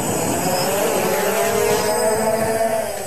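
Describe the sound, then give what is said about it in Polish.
A civilian drone's propellers whir steadily during takeoff at a high, buzzing pitch with a faint rising tone, loud and continuous for a few seconds with no voices. “I jedziemy. Do czego pan wykorzystuje dron?”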